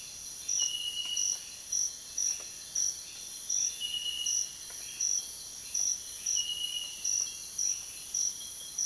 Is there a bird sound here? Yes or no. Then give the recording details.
no. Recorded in dense forest near Puerto Asís, Putumayo, Colombia, on 22 June 2025 at 04:30. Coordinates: 0.484, -76.325. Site H65